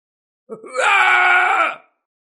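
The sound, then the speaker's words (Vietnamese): A man burning alive, engulfed in fire like a living torch, lets out a single loud, sustained scream of agony, starting with a low groan and rising into a strained, harmonic-rich howl that holds steady for about a second before cutting off. “Thái thượng trưởng lão Cơ Gia kêu rống thảm thiết, hoàn toàn trở thành một bó đuốc sống.”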